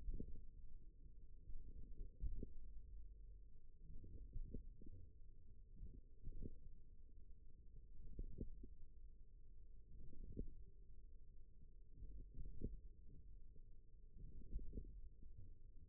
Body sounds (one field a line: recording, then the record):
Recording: forearm muscle sounds (acoustic myography)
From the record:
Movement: wrist extension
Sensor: system 1, eight BSWA MPA416 microphones around the upper forearm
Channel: 3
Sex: male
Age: 41 years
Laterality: right